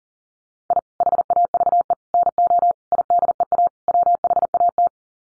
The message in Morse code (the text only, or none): I HAVE NO IDEA WHAT